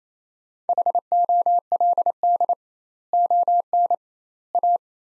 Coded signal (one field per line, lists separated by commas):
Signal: Morse code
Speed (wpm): 27 wpm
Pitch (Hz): 700 Hz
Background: none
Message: HOLD ON A